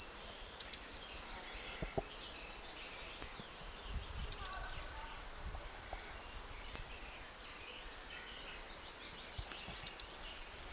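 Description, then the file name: Eurasian blue tit repeating its song three times: high piping notes leading into a rapid trill, with a calm, quiet background. "Cyanistes caeruleus"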